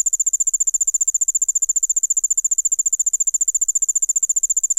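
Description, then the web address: Allard's ground cricket song: a fast, high-pitched, evenly pulsed trill of sharp ticks, uniform throughout. "The Songs of Insects. Allard's Ground Cricket"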